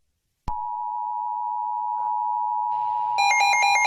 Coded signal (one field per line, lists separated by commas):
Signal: Emergency Alert System (SAME) tones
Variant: 853 and 960 Hz attention tone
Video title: EAS Scenario #5: When the Trees Burn (feat. EAceS, DiamondLegendz, and Lumenair)